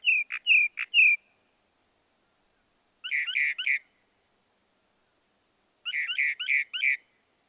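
Northern mockingbird song with a fast burst of high whistled notes, then two later bursts of rapid repeated notes separated by silence.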